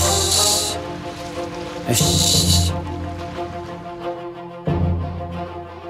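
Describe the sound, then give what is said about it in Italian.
A snake slithering sound effect: two short bursts of dry, airy hissing rasp over a steady low musical hum, followed by a stretch of just the sustained tones. “Subito, il serpente strisciò verso la principessa.”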